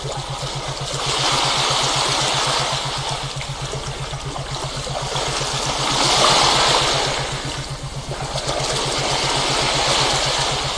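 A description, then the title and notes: A low hum beats in fast, even pulses under a soft, wave-like hiss that swells and fades around two, six and ten seconds. 7.83HZ resonance wave tide.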